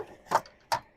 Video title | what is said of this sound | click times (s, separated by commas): How to charge a Cadillac LYRIQ at a Tesla Supercharger | hear it click in place | 0.7 s